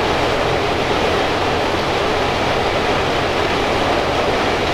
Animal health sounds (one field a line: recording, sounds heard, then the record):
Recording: poultry house recording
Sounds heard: no chicken sound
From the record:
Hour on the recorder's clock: 16